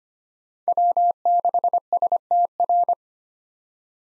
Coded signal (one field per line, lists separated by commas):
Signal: Morse code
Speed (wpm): 25 wpm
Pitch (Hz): 700 Hz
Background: none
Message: W6STR